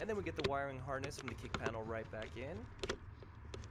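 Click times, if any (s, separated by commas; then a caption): none. On a 2000 GMC Sierra 1500 SLE, the door wiring harness connector is being handled toward its mating plug at the kick panel and fuse box after the door hinge pins were replaced to fix a sagging door. Someone talks throughout over faint handling noises. Nothing has seated or clicked yet.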